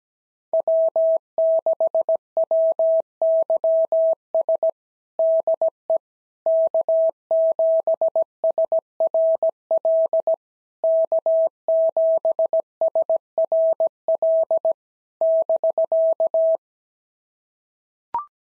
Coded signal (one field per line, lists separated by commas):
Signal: Morse code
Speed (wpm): 16 wpm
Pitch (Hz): 650 Hz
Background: none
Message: W6WYS DE K7SRL K7SRL <BK>